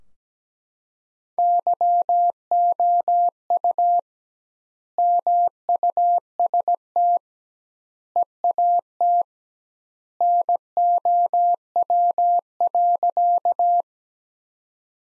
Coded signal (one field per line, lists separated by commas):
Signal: Morse code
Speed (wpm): 17 wpm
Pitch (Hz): 700 Hz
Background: none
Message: YOU MUST EAT NOW.